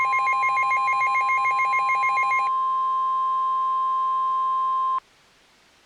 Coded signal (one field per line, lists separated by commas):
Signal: Emergency Alert System (SAME) tones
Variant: 1050 Hz attention tone